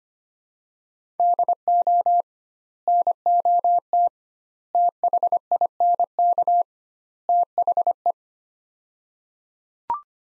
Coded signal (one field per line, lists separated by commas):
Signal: Morse code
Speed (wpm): 25 wpm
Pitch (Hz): 700 Hz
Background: none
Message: DO NOT THINK THE